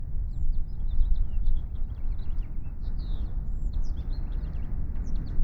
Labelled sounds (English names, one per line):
House Finch song